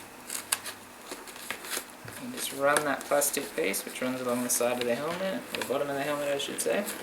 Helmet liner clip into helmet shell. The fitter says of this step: down and in until it clicks into place